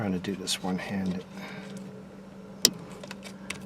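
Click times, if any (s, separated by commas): 2.6 s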